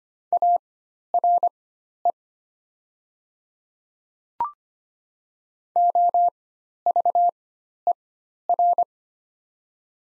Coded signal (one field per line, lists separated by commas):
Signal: Morse code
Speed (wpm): 25 wpm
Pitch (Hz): 700 Hz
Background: none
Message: ARE OVER